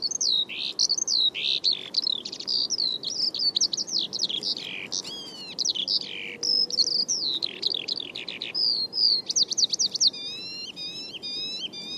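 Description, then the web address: Bird singing a long, fast warble of swooping and trilled high whistles, ending in a rhythmic series of repeated notes. "Bird Only"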